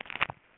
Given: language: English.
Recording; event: throat vibration sensor signal played as sound; swallow